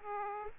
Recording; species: mosquito wingbeat signal from an infrared sensor; Aedes aegypti